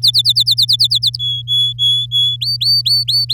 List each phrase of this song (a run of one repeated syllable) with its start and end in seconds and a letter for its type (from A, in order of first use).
0.02-1.17 A, 1.19-2.36 B, 2.41-3.34 C